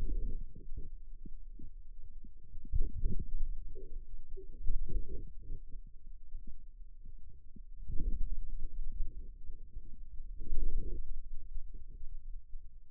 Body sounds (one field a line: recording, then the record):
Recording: forearm muscle sounds (acoustic myography)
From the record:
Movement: outward rotation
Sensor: system 2, bracelet of six BSWA MPA416 microphones around the upper forearm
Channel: 6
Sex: male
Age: 22 years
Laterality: right